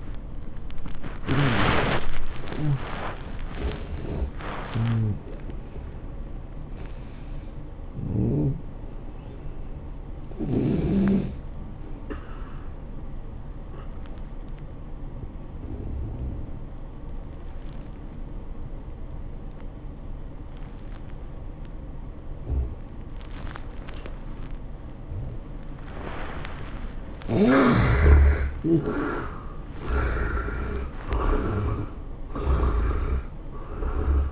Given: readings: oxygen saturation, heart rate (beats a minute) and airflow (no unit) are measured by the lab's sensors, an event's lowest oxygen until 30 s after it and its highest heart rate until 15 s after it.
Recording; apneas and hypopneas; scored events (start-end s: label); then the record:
breathing in sleep by a smartphone at the bedside; 1
12.00-28.30 s: hypopnea (N1, oxygen 94% highest, then 77% lowest, heart rate 111 at the start, 111 highest)
From the record:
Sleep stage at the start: N1 (lightest sleep); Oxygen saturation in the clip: 82 to 94%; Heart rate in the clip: 90 to 120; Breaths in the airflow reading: 8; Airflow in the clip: -15.7 to 15.5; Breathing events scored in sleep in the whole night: 403 in 5.5 hours asleep